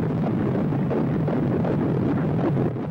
The sound of the heartbeat of an unborn baby just 28 days after conception.